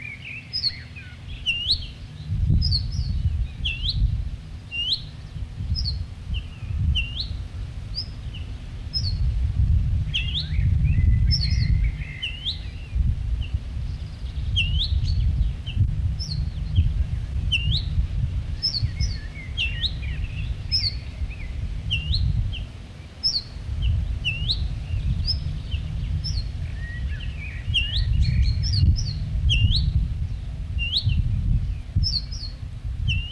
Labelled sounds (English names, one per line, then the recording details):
Ortolan Bunting alarm call
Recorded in the wild
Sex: pair
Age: adult
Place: Schloß Holte-Stukenbrock, Senne, Nordrhein-Westfalen, DE
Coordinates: 51.8683, 8.6575
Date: 1964-05-20
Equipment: Uher 4000 Report-S, Bändchenmikro Beyer M 260, Parabolspiegel Polyester (470 mm)
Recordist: Conrads, Klaus
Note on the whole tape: Hof Brock (Furlbach-Gebiet). Band 2A: Brutpaar: Alarm beim Anflug zum Nest